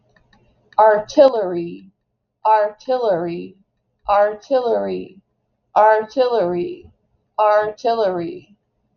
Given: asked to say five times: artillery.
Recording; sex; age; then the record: repeated word; female; 50 to 59 years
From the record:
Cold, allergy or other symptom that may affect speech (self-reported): no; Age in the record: 52 years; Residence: Wisconsin, United States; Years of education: 16